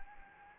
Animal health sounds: mosquito wingbeat signal from an infrared sensor; Anopheles gambiae

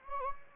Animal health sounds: mosquito wingbeat signal from an infrared sensor; Anopheles gambiae

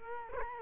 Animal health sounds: mosquito wingbeat signal from an infrared sensor; Culex quinquefasciatus

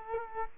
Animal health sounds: mosquito wingbeat signal from an infrared sensor; Culex quinquefasciatus

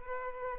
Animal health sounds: mosquito wingbeat signal from an infrared sensor; Culex pipiens

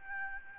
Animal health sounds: mosquito wingbeat signal from an infrared sensor; Aedes albopictus

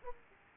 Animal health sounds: mosquito wingbeat signal from an infrared sensor; Aedes aegypti

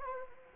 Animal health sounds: mosquito wingbeat signal from an infrared sensor; Anopheles arabiensis

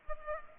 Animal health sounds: mosquito wingbeat signal from an infrared sensor; Culex pipiens

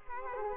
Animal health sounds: mosquito wingbeat signal from an infrared sensor; Culex quinquefasciatus

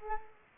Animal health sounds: mosquito wingbeat signal from an infrared sensor; Culex quinquefasciatus

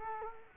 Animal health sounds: mosquito wingbeat signal from an infrared sensor; Culex quinquefasciatus

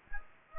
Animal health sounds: mosquito wingbeat signal from an infrared sensor; Aedes aegypti

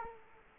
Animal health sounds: mosquito wingbeat signal from an infrared sensor; Culex quinquefasciatus

